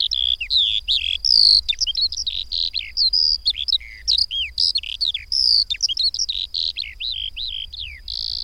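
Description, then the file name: Eurasian skylark song: dense, breathless babbling of shrill twittering notes and short whistled slurs, constantly varied, with a light low hum in the background. "Mezei pacsirta"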